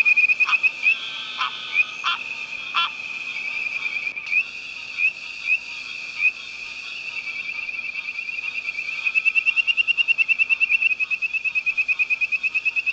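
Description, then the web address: Tree frogs in a continuous high chorus, several sharp clicks early on, then a long series of rapid pulsed notes toward the end. "Hylidae"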